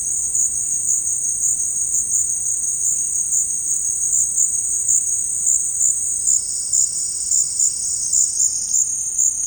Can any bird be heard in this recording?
no